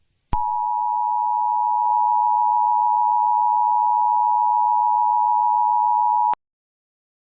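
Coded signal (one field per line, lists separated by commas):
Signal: Emergency Alert System (SAME) tones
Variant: 853 and 960 Hz attention tone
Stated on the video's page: Fictional animated EAS scenario about killer scorpions.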